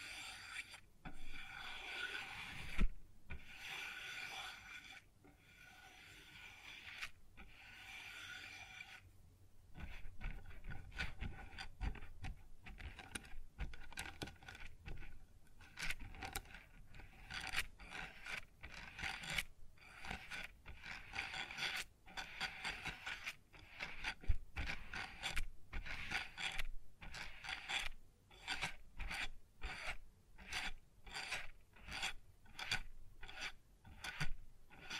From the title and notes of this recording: ASMR Sounds on Wooden Surface (No Talking).